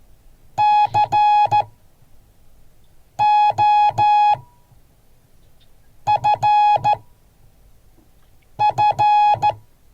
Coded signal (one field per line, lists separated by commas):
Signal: Morse code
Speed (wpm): 13 wpm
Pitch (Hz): 840 Hz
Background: none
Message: COFF